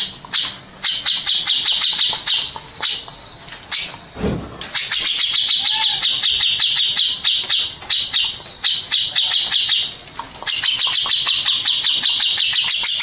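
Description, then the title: Grey-cheeked bulbul giving bursts of rapid, scratchy chattering notes with short gaps, and one dull low rumble partway through. "Cucak Jenggot"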